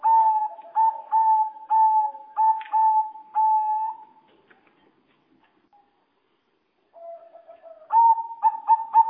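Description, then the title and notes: Bird song of steady whistled notes in a quick series, a silent gap of nearly three seconds, then lower notes and a final quick run of whistles. "Bird Sound. Kicau Burung Lengkap"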